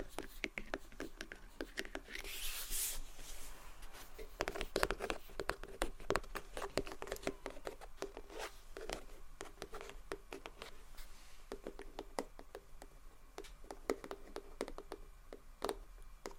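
Soft, gentle tapping and scratching in quick irregular clicks throughout, with a brighter rustling scratch near the start and a low steady hum underneath.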